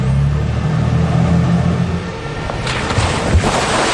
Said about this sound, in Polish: Jeżdżący po Hamburgu autobus amfibia to obecnie najnowocześniejszy pojazd tego typu.